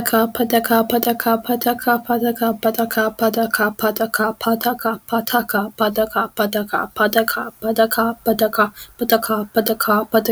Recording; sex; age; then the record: repeated syllables /pa ta ka/; female; 40 to 49 years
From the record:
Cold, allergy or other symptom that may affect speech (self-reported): no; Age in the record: 45 years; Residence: North Carolina, United States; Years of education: 19